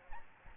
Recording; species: mosquito wingbeat signal from an infrared sensor; Aedes albopictus